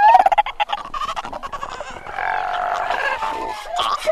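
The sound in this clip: Antarctic fur seal call: a sharp harmonic cry opens, then rough pulsing sounds lead into a long wavering bleat.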